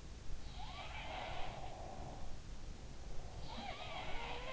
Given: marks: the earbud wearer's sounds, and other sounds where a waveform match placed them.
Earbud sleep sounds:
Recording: sounds in sleep by an in-ear microphone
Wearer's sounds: breath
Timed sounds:
0.44-4.53 s: sound from someone else or the room
0.76-3.91 s: breath

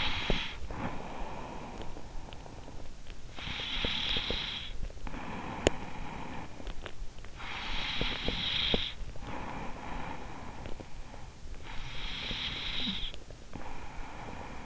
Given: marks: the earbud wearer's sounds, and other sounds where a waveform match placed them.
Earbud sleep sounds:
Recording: sounds in sleep by an in-ear microphone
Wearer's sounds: snoring breath, breath, teeth grinding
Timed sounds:
0.00-3.36 s: snoring breath
3.36-14.66 s: breath
5.26-5.99 s: teeth grinding

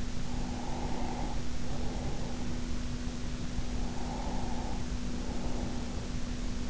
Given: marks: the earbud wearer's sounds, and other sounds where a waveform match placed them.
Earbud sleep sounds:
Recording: sounds in sleep by an in-ear microphone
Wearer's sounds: breath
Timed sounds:
0.11-2.63 s: breath
3.43-6.17 s: breath

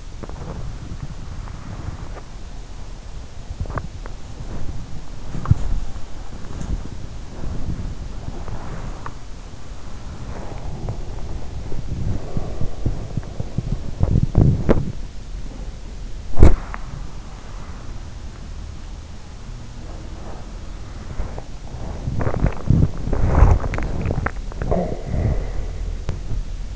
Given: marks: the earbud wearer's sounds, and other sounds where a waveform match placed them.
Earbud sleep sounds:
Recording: sounds in sleep by an in-ear microphone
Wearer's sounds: body movement, teeth grinding, swallowing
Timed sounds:
0.00-26.76 s: body movement
12.28-14.93 s: teeth grinding
16.32-16.71 s: teeth grinding
23.08-25.86 s: swallowing

